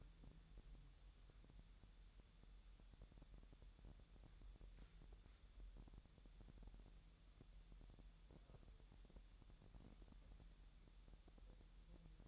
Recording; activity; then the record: daily activity, microphone in the room; wipe stove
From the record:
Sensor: 3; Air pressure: 1000.8 hPa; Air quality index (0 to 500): 248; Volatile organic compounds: 174 ppm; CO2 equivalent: 4121 ppm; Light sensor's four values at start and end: 11/27/11/11 and 11/27/11/11